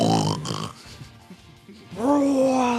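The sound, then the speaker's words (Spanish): A man's voice imitates another man's loud, gasping snores in a tent at a campsite: a rough, harsh snort, a ragged stretch of choking breaths, then a long rising, strained voiced snore at the end. “Pero ¿cómo ronca ese payo si no es normal?”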